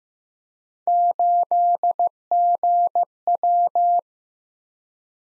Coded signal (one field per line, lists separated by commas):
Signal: Morse code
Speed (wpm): 15 wpm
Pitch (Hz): 700 Hz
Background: none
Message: 8GW